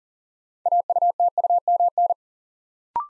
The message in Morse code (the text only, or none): AUTUMN